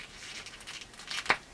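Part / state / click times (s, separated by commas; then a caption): swappable part into action figure peg joint / seated / 1.3 s. A swappable plastic part is pushed back onto the peg joint of a NECA Ultimate Dracula action figure, going in more easily than before but needing a little pop. Faint handling rustles lead up to a brief scrape near 1.1 s, then a sharp pop at 1.3 s as the part seats into its joint.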